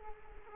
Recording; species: mosquito wingbeat signal from an infrared sensor; Culex quinquefasciatus